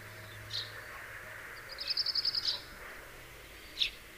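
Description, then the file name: House sparrow chirps: a quick run of about eight high, even chirps near the middle, with single chirps before and after. "Passer domesticus"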